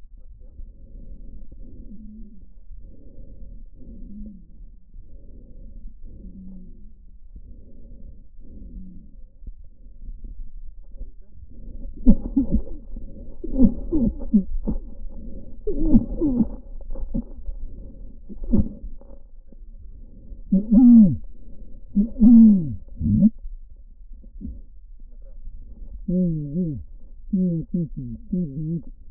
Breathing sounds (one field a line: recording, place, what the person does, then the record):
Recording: lung sounds by stethoscope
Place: left posterior apical chest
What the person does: quiet breathing, then cough and speech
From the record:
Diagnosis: COPD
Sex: male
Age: 75 years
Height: 182 cm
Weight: 98 kg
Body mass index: 29.6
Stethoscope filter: diaphragm mode